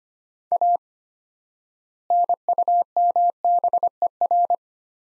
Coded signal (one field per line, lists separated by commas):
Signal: Morse code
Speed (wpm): 25 wpm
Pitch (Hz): 700 Hz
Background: none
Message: A NUMBER